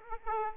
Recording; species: mosquito wingbeat signal from an infrared sensor; Aedes aegypti